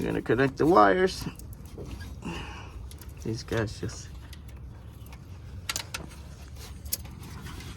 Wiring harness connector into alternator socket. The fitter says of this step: make sure you hear it click there you go